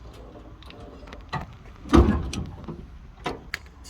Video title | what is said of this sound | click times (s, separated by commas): Socle minimum Permis BE Ecole de Conduite Durand | Donc là, le voyant vert est visible. Ok, donc là, elle est bien verrouillée. | 3.5 s